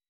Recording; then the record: hydrophone in a shrimp aquaculture tank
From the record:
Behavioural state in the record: weakened